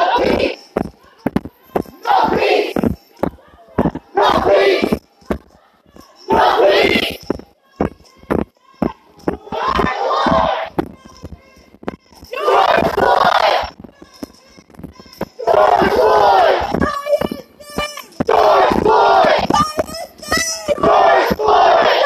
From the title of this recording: Niagara Square Protest in Downtown Buffalo